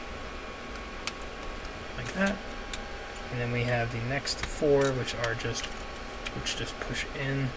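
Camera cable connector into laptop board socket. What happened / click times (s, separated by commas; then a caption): The small cable connector pressed home into its socket / 1.1 s. A laptop camera wire connector is pushed straight down into its board socket and seats with a sharp tick at 1.1 s, followed by a fainter tap at 2.7 s. Someone talks throughout over a low steady hum.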